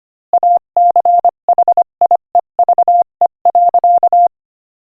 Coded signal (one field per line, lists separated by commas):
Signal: Morse code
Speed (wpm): 24 wpm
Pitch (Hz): 700 Hz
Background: none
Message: ACHIEVE.